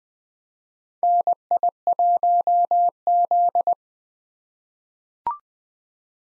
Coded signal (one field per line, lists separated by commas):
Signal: Morse code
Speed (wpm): 20 wpm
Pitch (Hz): 700 Hz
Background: none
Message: NI1Z